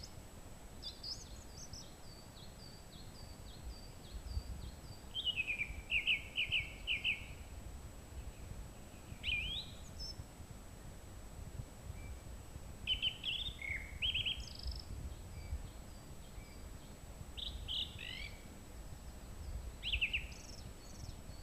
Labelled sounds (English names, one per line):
Song Thrush song